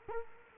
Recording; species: mosquito wingbeat signal from an infrared sensor; Culex quinquefasciatus